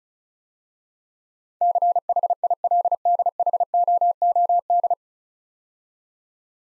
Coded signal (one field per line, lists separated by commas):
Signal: Morse code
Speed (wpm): 36 wpm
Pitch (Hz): 700 Hz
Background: none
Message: CHILDHOOD